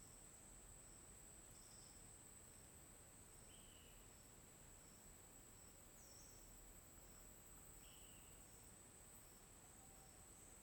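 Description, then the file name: Crickets give a constant high-pitched trill with a regular series of short chirps; brief whistled bird notes come in now and then over soft low rumble. Forest ambience at midday with crickets and discreet birds. "Ambiente na mata no meio do dia com grilos e passaros discretos sapo"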